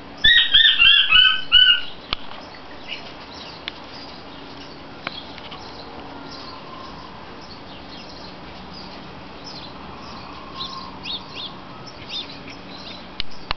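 King quail giving one short run of several quick, high descending whistles at the start, then only steady hiss and a few clicks.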